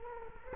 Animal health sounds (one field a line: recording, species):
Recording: mosquito wingbeat signal from an infrared sensor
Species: Culex quinquefasciatus